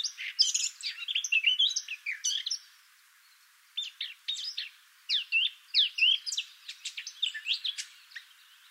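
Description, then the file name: Eurasian blackcap delivering bursts of rapid, varied twittering notes, a loud phrase, a pause of about a second, then further quick chattering phrases. "Sylvia atricapilla"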